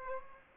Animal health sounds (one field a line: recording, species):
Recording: mosquito wingbeat signal from an infrared sensor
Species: Aedes aegypti